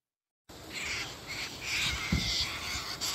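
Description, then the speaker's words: Sulphur-crested cockatoos giving harsh, noisy screeches that overlap in rough bursts after a moment of silence, with a low thump partway through. Several very loud cockatoos calling in eucalyptus trees, outdoors in Melbourne, Australia. "I'm outside listening to some very loud sulfur-crested cockatoos in the eucalyptus trees, and also the Politics Podcast."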